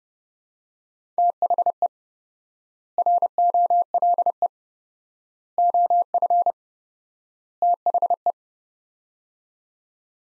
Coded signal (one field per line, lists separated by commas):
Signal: Morse code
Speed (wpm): 32 wpm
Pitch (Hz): 700 Hz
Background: none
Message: THE ROLE OF THE